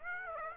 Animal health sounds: mosquito wingbeat signal from an infrared sensor; Aedes aegypti

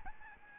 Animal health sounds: mosquito wingbeat signal from an infrared sensor; Aedes albopictus

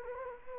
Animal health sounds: mosquito wingbeat signal from an infrared sensor; Anopheles gambiae

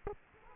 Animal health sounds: mosquito wingbeat signal from an infrared sensor; Aedes aegypti

